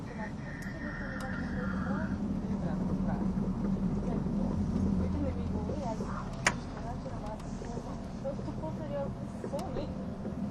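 Inside an ETR610 tilting train on the Gotthard Base Tunnel route, a steady low rumble of running fills the clip. Voices murmur throughout, with a faint whine near the start and a sharp click around six seconds.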